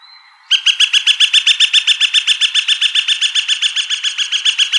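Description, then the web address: Gilded Flicker calling: a steady, rapid string of loud wik notes, continuing to the end. Recorded by Deviche, apparently on 29 March 2003. "Woodpeckers AZFO GIFL deviche"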